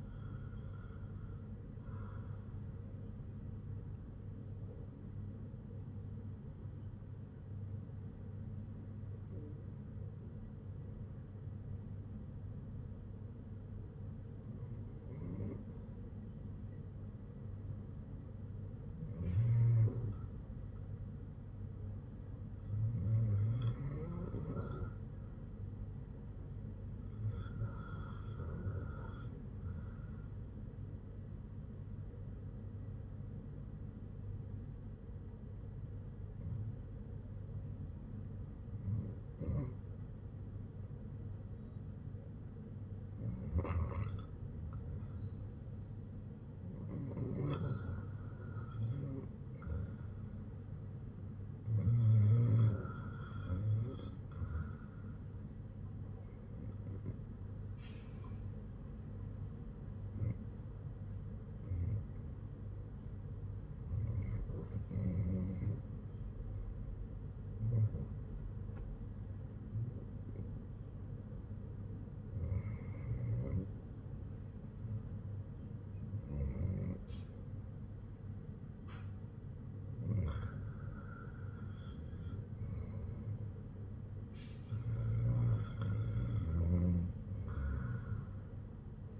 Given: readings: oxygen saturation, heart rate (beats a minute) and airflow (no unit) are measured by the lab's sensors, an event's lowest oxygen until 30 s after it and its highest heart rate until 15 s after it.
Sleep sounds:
breathing in sleep by a smartphone at the bedside; 1
4.00-37.10 s: hypopnea (REM, oxygen 97% highest, then 92% lowest, heart rate 54 at the start, 62 highest)
From the record:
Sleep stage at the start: REM sleep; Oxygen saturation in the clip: 89 to 97%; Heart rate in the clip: 54 to 62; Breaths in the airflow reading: 21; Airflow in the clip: -9.7 to 5.5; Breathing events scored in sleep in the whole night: 182 in 7.4 hours asleep

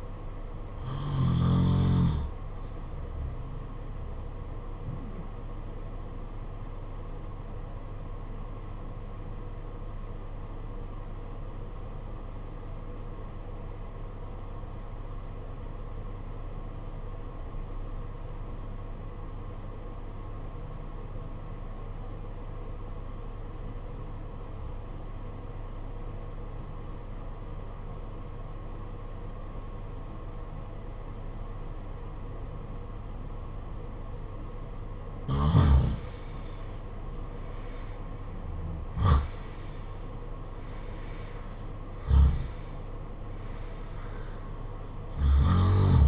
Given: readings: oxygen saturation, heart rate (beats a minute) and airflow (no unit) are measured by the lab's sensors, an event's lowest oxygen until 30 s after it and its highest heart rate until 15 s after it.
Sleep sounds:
breathing in sleep by a smartphone at the bedside; 1
7.00-36.00 s: obstructive apnea (N2, oxygen 95% highest, then 81% lowest, heart rate 50 at the start, 70 highest)
From the record:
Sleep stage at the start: N2 (light sleep); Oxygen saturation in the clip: 84 to 95%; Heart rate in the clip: 49 to 70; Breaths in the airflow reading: 4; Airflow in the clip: -14.7 to 15.2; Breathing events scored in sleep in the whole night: 476 in 9.7 hours asleep

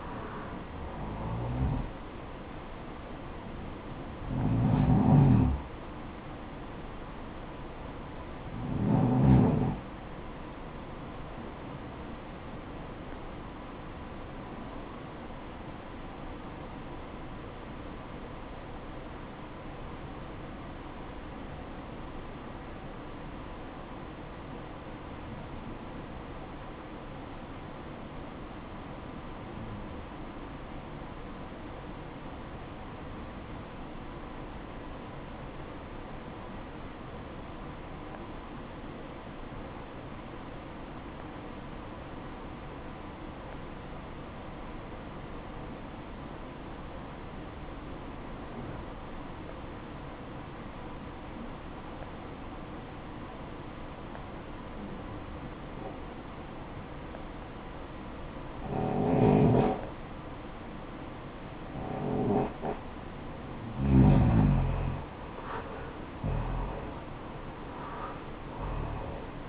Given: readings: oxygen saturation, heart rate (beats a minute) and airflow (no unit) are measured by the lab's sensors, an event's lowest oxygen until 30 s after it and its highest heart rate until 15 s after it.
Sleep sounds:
breathing in sleep by a voice recorder at the bedside; 1
19.00-59.80 s: obstructive apnea (REM, oxygen 95% highest, then 83% lowest, heart rate 59 at the start, 78 highest)
From the record:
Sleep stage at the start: REM sleep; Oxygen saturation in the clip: 83 to 95%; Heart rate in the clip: 55 to 78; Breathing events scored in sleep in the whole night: 573 in 9.8 hours asleep

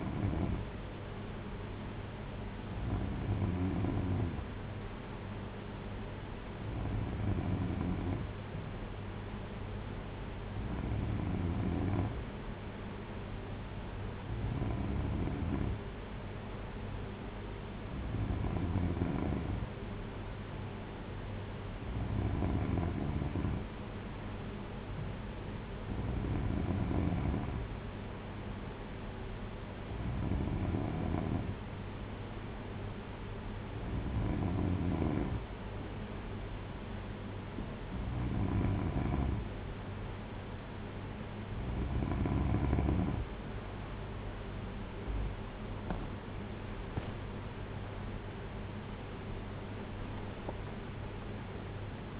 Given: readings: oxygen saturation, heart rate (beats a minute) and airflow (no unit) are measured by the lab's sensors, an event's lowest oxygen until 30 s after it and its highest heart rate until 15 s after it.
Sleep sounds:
breathing in sleep by a voice recorder at the bedside; 1
23.00-45.00 s: hypopnea (N3, oxygen 94% highest, then 92% lowest, heart rate 59 at the start, 68 highest)
50.00-52.20 s: new sleep stage, N2 (light sleep)
From the record:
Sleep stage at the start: N3 (deep sleep); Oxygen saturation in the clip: 93 to 94%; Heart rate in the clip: 57 to 68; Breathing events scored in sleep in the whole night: 226 in 8.8 hours asleep

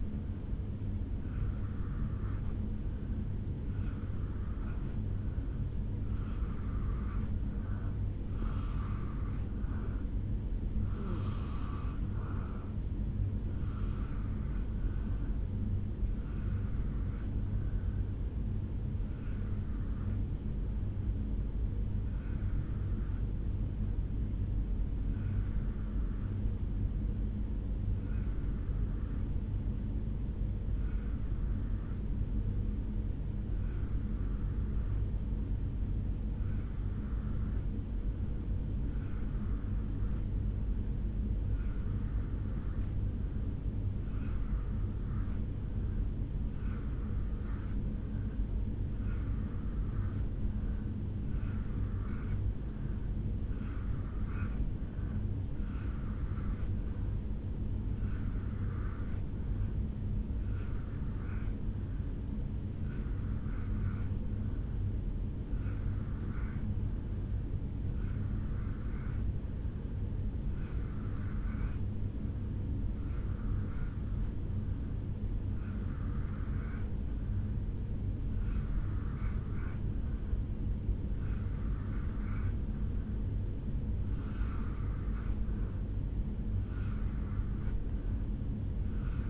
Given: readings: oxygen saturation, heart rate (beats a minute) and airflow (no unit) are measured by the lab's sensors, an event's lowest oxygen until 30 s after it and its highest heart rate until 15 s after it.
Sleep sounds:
breathing in sleep by a smartphone at the bedside; 1
25.00-47.10 s: hypopnea (N2, oxygen 90% highest, then 84% lowest, heart rate 60 at the start, 69 highest)
From the record:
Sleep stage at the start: N2 (light sleep); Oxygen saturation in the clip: 83 to 90%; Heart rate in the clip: 59 to 74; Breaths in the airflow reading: 25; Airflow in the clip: -6.0 to 2.3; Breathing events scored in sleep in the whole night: 449 in 7.0 hours asleep

